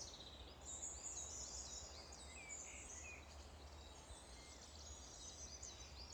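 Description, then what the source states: Birdsong, many high twittering and chirping notes overlapping throughout, with a steady low rumble of wind underneath. Wind blowing.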